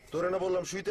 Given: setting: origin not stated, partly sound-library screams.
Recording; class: one-second piece from a danger detection set; normal situation